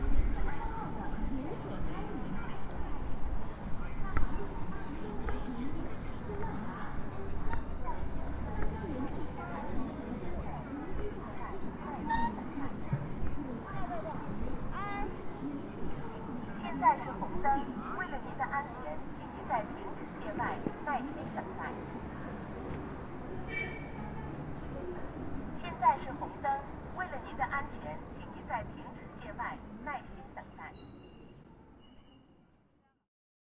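A steady crowd murmur fills Andong Old Street in Dandong, with voices, clinks and low traffic rumble, fading out near the end.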